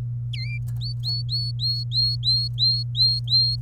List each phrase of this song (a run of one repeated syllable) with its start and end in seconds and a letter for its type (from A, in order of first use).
0.33-0.58 A, 0.81-3.61 B